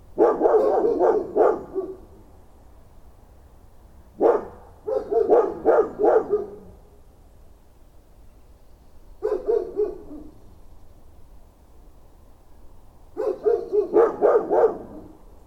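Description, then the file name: Dog barking in four bursts of rapid barks, each burst several barks long, separated by pauses of a few seconds. "chiens"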